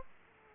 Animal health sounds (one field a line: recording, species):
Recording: mosquito wingbeat signal from an infrared sensor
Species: Aedes aegypti